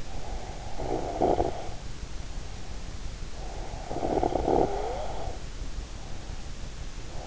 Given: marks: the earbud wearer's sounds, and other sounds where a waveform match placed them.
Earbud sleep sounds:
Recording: sounds in sleep by an in-ear microphone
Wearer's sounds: snoring breath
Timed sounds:
0.24-2.79 s: snoring breath
3.55-6.58 s: snoring breath

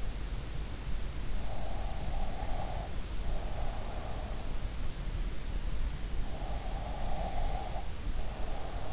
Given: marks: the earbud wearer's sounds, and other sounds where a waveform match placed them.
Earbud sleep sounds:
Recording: sounds in sleep by an in-ear microphone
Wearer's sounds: breath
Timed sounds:
1.69-4.41 s: breath
6.34-8.93 s: breath

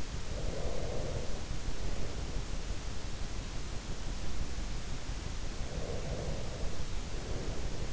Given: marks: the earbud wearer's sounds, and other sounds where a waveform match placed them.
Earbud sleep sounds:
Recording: sounds in sleep by an in-ear microphone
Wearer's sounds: breath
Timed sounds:
0.23-2.52 s: breath
5.56-7.93 s: breath

